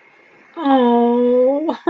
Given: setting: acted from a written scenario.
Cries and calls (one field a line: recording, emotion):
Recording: vocal sound without words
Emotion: adoration